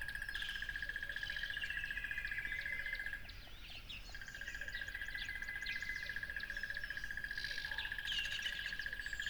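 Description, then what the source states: Cricket chorus: a continuous rapid pulsed trill that drops out briefly near the middle, overlaid by assorted bird calls and a constant noisy hiss. Crickets by a lively tropical river.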